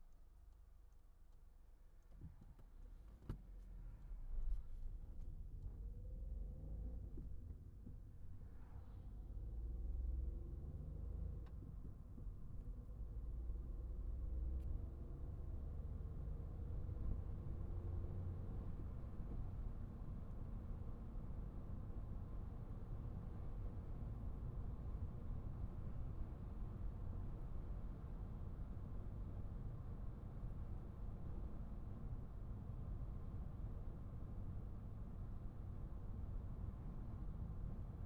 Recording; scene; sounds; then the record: everyday scene through a hearing-aid microphone; in a vehicle; engine, traffic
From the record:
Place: Skoda Fabia, gasoline engine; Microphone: behind the ear, right, rear